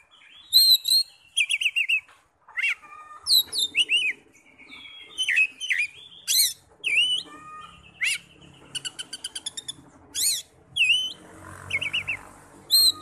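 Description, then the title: Oriental magpie-robin song: rapid varied whistles, trills and chirps, with a soft hissing noise near the end. "Kacer"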